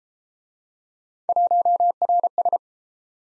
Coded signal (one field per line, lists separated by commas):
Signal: Morse code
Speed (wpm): 31 wpm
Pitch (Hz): 700 Hz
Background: none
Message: 1RS